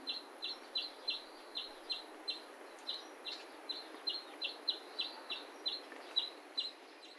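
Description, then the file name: Grey-capped greenfinch youngster repeating clipped, high chirps roughly every third of a second, the series slightly uneven, against a faint steady hiss. Juvenile, recorded at Ohyaguchi Park on 5 May 2021. "kawarahiwa 210505 ohyaguchipark 幼鳥"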